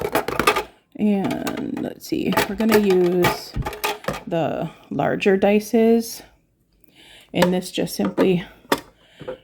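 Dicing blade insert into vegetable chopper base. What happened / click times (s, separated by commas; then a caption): The insert is being handled and has not yet seated / none. A larger dicing blade insert is handled over the plastic base of a vegetable chopper while someone talks, with a few sharp taps and knocks around the speech. The clip ends before the insert goes in, and nothing has seated or clicked yet.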